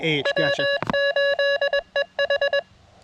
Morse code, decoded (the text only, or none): W8EH